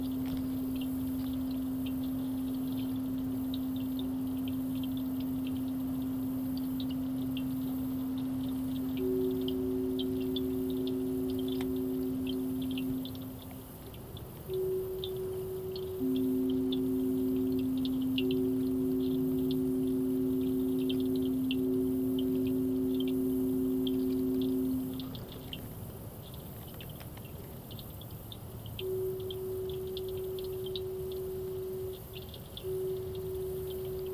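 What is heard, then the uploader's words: By a suburban man-made lake, a steady low hum of highway traffic runs under two pure droning tones that switch on and off. A collage of binaural and stereo field recordings. The tones are made through using a tone gate on the recordings, so when the wind creates a bit of mic noise, it is joined by tones and cords. A recording alongside the a man-made lake near Highway 44 in suburban St. Louis.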